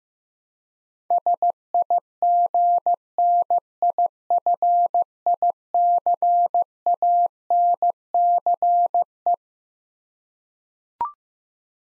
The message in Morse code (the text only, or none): SIGNIFICANCE